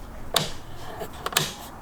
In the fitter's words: Yeah, these have such a satisfying click to them.